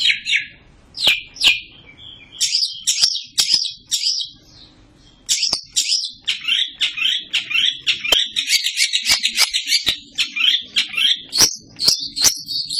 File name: cendet samohong